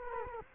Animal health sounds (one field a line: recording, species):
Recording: mosquito wingbeat signal from an infrared sensor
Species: Culex quinquefasciatus